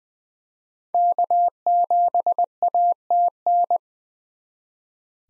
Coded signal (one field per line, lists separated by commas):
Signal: Morse code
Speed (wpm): 20 wpm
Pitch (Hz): 700 Hz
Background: none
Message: K7ATN